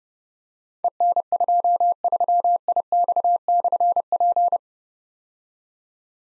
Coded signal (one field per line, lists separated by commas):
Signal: Morse code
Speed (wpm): 28 wpm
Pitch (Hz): 700 Hz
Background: none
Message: EN23IX/P